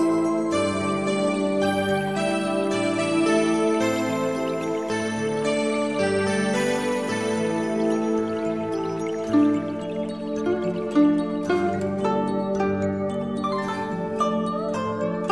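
A plucked zither plays a slow, ringing melody, each note sustaining and overlapping the next with a bright, chime-like shimmer. Notes change roughly every second at an even loudness, with a few sharper plucked accents near the ten- and eleven-second marks.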